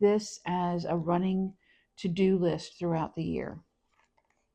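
Someone talks while handling paper to-do list planner pages that are meant to snap into a ring binder mechanism. Only faint soft ticks follow the speech near the end. The pages are not yet in, and nothing has seated or clicked yet.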